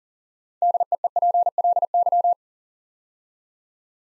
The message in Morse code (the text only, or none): DEEPLY